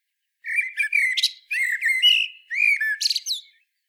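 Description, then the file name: Common blackbird song: three back-to-back phrases, each a low fluted warble ending in a thin, squeaky high twitter. "Turdus merula"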